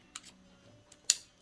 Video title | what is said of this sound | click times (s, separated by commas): 2016 -21 Chevy Malibu 1.5l Throttle Body replacement & relearn | now you can push this forward and it'll just lock into place | 1.1 s